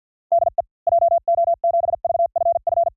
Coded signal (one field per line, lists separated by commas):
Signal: Morse code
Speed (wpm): 50 wpm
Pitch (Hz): 680 Hz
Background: none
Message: DE JO7VFF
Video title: Morse CW Training JP Random Callsign Speed from 45 to 55 WPM 400 Calls